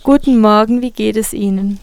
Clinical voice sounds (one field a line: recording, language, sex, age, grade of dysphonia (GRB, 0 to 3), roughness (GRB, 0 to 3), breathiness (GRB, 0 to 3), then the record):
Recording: spoken sentence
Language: German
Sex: female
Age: 20 to 29 years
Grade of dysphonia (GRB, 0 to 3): 0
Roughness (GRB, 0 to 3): 0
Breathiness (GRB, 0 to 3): 0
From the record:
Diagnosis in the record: healthy voice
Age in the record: 22 years